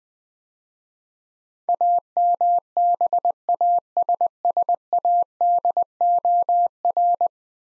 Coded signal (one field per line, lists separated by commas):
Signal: Morse code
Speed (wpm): 20 wpm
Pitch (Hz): 700 Hz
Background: none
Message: AMBASSADOR